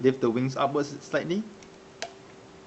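A plastic toy wing is detached from a toy robot body by lifting it up slightly while someone talks. It unclips with a sharp click at 2.0 s and comes free.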